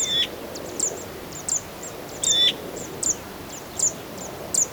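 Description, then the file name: Eurasian magpie giving several sharp, high calls at uneven intervals. "Pica pica"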